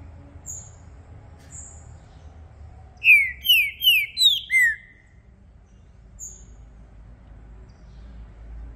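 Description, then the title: Green-winged saltator song: a burst of five loud whistled notes, each sliding downward, the last lower and drawn out, preceded and followed by a few thin high chips. Song used to warm up a contest bird and get it singing; a feisty bird switching through various song types. "Esse É PERFEITO Para ESQUENTAR Seu TRINCA Piando, Cantando E Macheando Na DISPUTA. Trinca Ferro VALENTE! VIRANDO VARIOS TIPOS DE CANTOS!! Melhor para ABRIR O CANTO!!"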